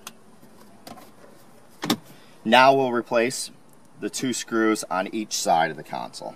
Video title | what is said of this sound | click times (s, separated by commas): Add Factory Navigation to SYNC 3 - 2016+ Ford Mustang | just push down and it all clips back in now | 1.9 s